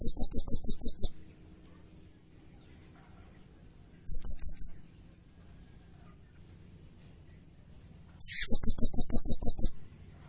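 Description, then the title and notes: Blue-crowned hanging parrot giving three very high, shrill trills of rapid pulses, separated by long quiet gaps. Lure and training recording of energetic, constantly calling blue-crowned hanging parrot, sung in the rapid 'nembak' style. "Burung Serindit Nembak Gacor. Suara Nasteran Dan Pemikat Burung Serinditan Gacor"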